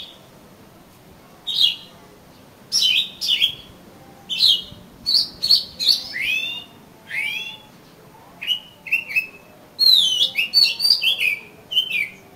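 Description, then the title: Oriental magpie-robin giving varied phrases of clear slurred whistles and twittering chirps, delivered in short bursts with brief gaps throughout. "Kacer Kacer"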